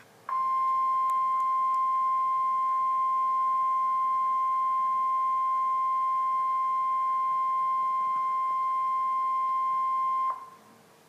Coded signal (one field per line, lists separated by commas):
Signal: Emergency Alert System (SAME) tones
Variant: 1050 Hz attention tone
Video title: EAS #902 - Coastal Flood Warning and Coastal Flood Advisory (Live Stream) 10-3-2014